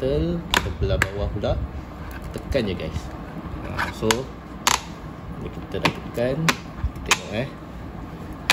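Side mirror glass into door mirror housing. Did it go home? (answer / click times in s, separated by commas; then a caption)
yes / 4.7 s. A replacement wide-angle anti-glare side mirror glass with a signal lamp is pressed by hand into a car's side mirror housing, with the upper part already seated and the lower part now being pushed. Someone talks throughout, and a sharp click at 4.7 s marks the lower part snapping into place. The glass is then checked and is seated tight in the housing.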